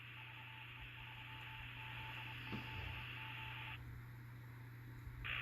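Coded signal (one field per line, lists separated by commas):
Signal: Morse code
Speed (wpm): 24 wpm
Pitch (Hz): 880 Hz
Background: radio noise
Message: VE3ZZZ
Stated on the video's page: Special event station heard on a Uniden SDS100 receiver.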